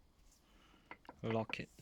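During reassembly of a Ford Powershift 6DCT450 dual-clutch transmission, a metal gear is being handled onto its mating part, which it should lock onto by way of its four holes. Someone talks over brief handling ticks near 0.9 s and 1.1 s. Nothing has seated or clicked yet; the gear is not yet home.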